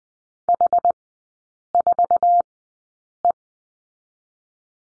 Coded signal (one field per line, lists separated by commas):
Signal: Morse code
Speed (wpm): 20 wpm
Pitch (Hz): 700 Hz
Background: none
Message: H4E